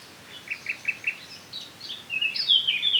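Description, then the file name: Eurasian blackcap song: a few short high chirps repeated about every fifth of a second, then a faster scratchy warble of higher notes. "Sylvia atricapilla"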